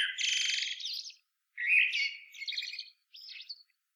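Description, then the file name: Common blackbird song: a sustained scratchy note, then a mellow whistle followed by twittering fragments. "Turdus merula"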